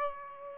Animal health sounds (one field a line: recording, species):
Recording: mosquito wingbeat signal from an infrared sensor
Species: Aedes aegypti